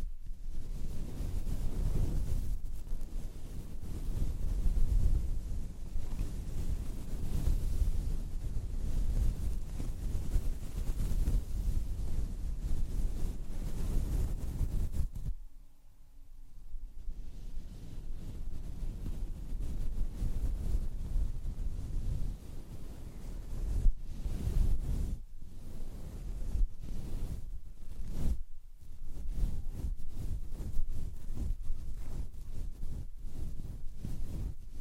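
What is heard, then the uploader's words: A microphone's fuzzy wind cover is brushed and stroked hard, making a dense, rumbling rush of scratchy rubbing that stays loud. Around fifteen seconds it drops away briefly to a quieter hush, then returns with faster, choppier strokes and short pauses. ASMR Brushing. Stroking the mic with the wind muff (intense).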